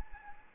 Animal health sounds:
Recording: mosquito wingbeat signal from an infrared sensor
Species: Anopheles gambiae

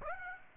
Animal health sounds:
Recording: mosquito wingbeat signal from an infrared sensor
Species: Aedes aegypti

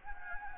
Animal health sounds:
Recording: mosquito wingbeat signal from an infrared sensor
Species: Anopheles gambiae

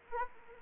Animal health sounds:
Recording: mosquito wingbeat signal from an infrared sensor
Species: Anopheles arabiensis

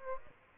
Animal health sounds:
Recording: mosquito wingbeat signal from an infrared sensor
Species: Aedes albopictus

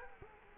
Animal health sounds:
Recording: mosquito wingbeat signal from an infrared sensor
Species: Culex quinquefasciatus

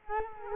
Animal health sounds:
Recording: mosquito wingbeat signal from an infrared sensor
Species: Culex quinquefasciatus

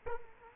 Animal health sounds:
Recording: mosquito wingbeat signal from an infrared sensor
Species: Culex quinquefasciatus

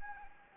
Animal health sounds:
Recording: mosquito wingbeat signal from an infrared sensor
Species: Anopheles gambiae

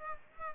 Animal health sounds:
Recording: mosquito wingbeat signal from an infrared sensor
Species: Aedes aegypti

